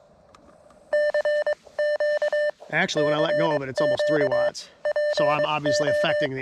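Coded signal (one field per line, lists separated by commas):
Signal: Morse code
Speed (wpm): 22 wpm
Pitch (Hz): 600 Hz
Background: speech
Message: CQ CQ PO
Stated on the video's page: CW on an Elecraft KX1 four-band kit radio during a park (POTA) activation.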